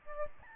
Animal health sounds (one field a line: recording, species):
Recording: mosquito wingbeat signal from an infrared sensor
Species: Aedes albopictus